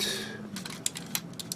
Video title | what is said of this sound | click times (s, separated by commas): *GundamCustoms* RE/100 Bawoo Sleeves version - Part 6 | and then that locks into place like so | 0.9 s